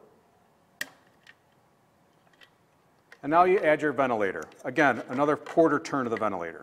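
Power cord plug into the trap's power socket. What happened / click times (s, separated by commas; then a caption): The power plug snapped into its socket / 0.8 s. A power cord plug is pushed into the power socket of a Biogents BG Pro mosquito trap, giving a sharp click at 0.8 s as it seats. A few faint ticks follow in the quiet. From about 3.2 s, someone talks.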